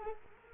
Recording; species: mosquito wingbeat signal from an infrared sensor; Culex quinquefasciatus